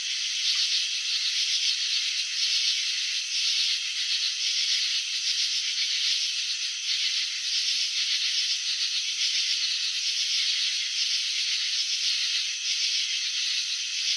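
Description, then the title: Cricket chirping, a long, unbroken buzzy trill of fast pulses holding steady throughout, with no other sounds. Crickets chirping by vibrating their wings; recording presented in slow motion. "Crickets in Slow Motion 📷. Capturing the Elegance of Chirping"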